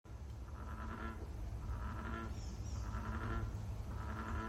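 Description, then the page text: American bullfrog giving deep droning calls with throbbing pulses repeated about every second, over a constant low rumble. Recorded in Maryland. "American Bullfrog by Cole Tiemann"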